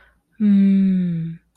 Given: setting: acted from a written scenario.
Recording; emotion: vocal sound without words; serenity